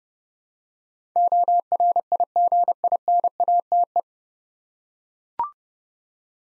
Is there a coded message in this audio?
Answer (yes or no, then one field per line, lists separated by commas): yes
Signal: Morse code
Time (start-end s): 1.2-4.0 s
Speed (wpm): 30 wpm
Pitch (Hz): 700 Hz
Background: none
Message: ORIGINATE